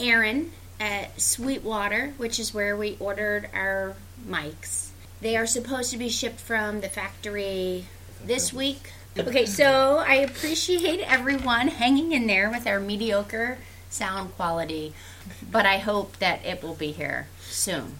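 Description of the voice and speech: One adult woman speaks fluently in a clear, mid-pitched voice with lively, natural intonation and short pauses between phrases. Consonants are crisp, with no repetitions, blocks or slurring. A steady low electrical hum runs underneath.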